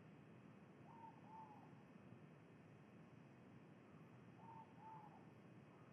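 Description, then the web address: Ivory-breasted pitta call, a clear double whistle repeated roughly three and a half seconds apart over constant low-pitched noise. Recorded in Indonesia. "ULM-DS-Lab indonesian-bird-sounds. Pitta maxima"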